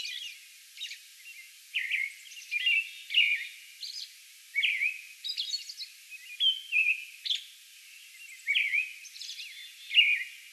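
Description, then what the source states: American robin delivering a string of liquid, slurred whistles that drop and rise, broken by thin high-pitched squeaks, with brief gaps between groups of phrases. Song bout recorded on May 11.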